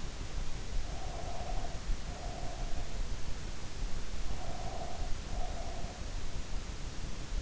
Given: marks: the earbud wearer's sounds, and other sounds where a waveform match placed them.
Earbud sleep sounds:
sounds in sleep by an in-ear microphone; breath
0.70-2.89 s: breath
4.24-6.23 s: breath

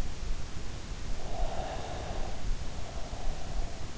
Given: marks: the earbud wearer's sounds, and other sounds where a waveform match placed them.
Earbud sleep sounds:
sounds in sleep by an in-ear microphone; breath
1.30-3.72 s: breath

